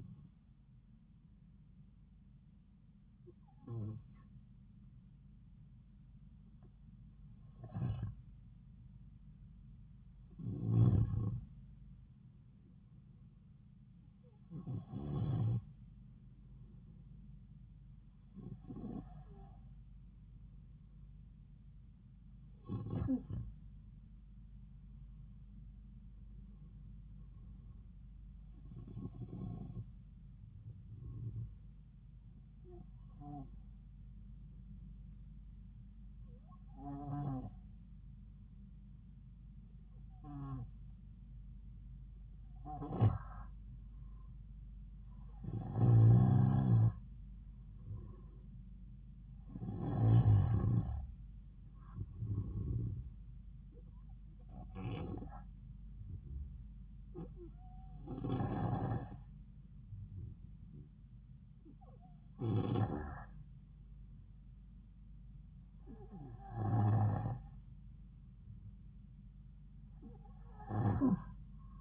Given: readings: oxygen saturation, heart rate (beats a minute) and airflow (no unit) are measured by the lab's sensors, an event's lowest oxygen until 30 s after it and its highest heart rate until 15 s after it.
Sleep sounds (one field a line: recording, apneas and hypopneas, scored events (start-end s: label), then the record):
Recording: breathing in sleep by a smartphone at the bedside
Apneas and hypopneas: 1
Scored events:
11.00-71.81 s: new sleep stage, N2 (light sleep)
34.00-48.50 s: hypopnea (N2, oxygen 94% highest, then 91% lowest)
From the record:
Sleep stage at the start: N1 (lightest sleep)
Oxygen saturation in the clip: 91 to 94%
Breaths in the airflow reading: 19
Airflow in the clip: -3.6 to 5.0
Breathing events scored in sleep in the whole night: 270 in 6.1 hours asleep